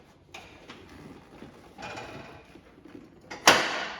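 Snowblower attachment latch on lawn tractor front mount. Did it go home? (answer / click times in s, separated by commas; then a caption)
yes / 3.5 s. A metal latch locks a John Deere snowblower attachment into its mount on the front of a lawn tractor. A few light knocks and a scraping rattle come first, then a sharp, loud metallic clank at 3.5 s that rings out as the latch locks into place.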